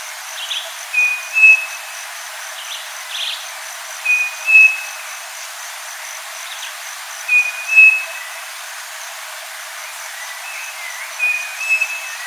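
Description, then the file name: Striped cuckoo song: four two-note whistled phrases, the second note slightly higher, repeated about every three and a half seconds over a faint, steady insect hiss. "Canto do saci"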